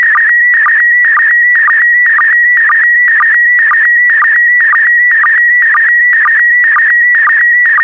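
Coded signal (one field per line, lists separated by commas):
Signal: SSTV (slow-scan television)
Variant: PD120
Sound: steady warbling high tone broken by short low chirps about twice a second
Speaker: transmission complete you can now check your decoded image against the picture that is shown on the video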